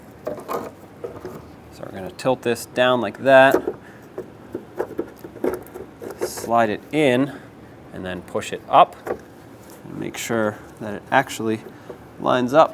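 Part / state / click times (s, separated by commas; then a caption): side mirror glass into the mirror housing / not seated / none. Right side mirror glass for a 2011-2018 Ram 2500 is tilted down, slid into the mirror housing, and pushed up to line it up before pressing, with light handling noises while someone talks. Nothing has seated or clicked yet.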